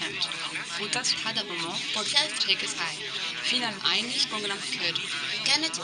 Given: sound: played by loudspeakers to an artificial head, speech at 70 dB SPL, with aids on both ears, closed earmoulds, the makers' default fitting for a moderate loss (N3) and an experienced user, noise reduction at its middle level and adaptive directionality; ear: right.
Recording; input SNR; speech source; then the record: speech test signal (ISTS) in cocktail-party noise; 0 dB; on the right (90 degrees)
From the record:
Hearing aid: class 2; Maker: A